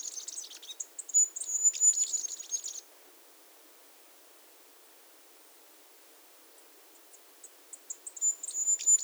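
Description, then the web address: Masked flowerpiercer giving two high-pitched, fast, tumbling twitter phrases separated by several seconds of near silence. Recorded at Iguaque, Villa de Leyva and its surroundings, Colombia. "sonidos de las aves iguaque villa de leyva y sus alrededores Diglosa De Antifaz, Diglossa cyanea"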